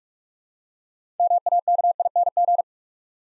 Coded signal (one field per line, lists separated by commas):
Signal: Morse code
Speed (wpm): 44 wpm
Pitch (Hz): 700 Hz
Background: none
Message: MAKING